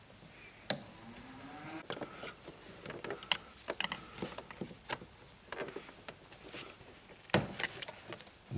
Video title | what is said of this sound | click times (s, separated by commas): Audi 3.0 TDI Kraftstofffilter wechseln und entlüften - Dieselfilter erneuern - DIY Tutorial | wenn das ganze wieder schön eingerastet ist also das heißt hier an dieser spitze muss auch die spitze unserer klammer wieder sein | 0.7 s, 3.3 s, 7.3 s